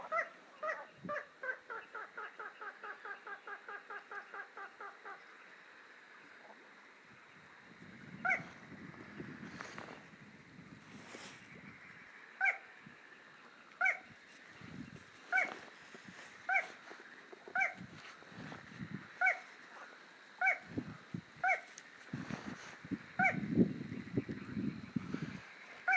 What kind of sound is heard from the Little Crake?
song